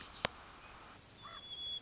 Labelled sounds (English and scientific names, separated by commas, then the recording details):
White-crowned Sparrow (Zonotrichia leucophrys)
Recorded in Sonoma County, California